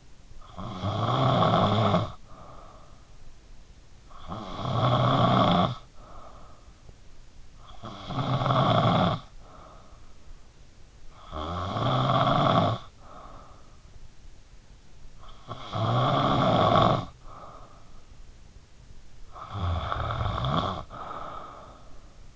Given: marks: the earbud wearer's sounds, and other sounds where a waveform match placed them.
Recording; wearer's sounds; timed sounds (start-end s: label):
sounds in sleep by an in-ear microphone; snoring breath
0.00-22.36 s: snoring breath